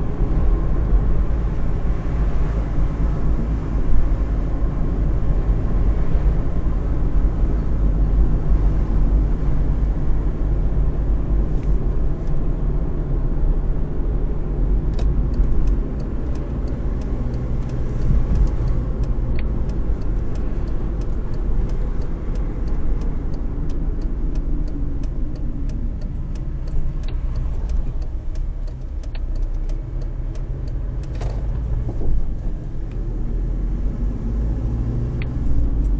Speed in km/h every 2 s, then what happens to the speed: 59, 57, 60, 57, 57, 56, 53, 49, 45, 43, 41, 32, 17, 8, 9, 16, 27, 30.
0-9 steady at about 57. 9-26 slows to 8. 28-36 speeds up to 30.